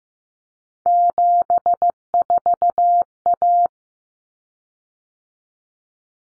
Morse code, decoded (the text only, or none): 74A